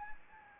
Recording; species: mosquito wingbeat signal from an infrared sensor; Anopheles arabiensis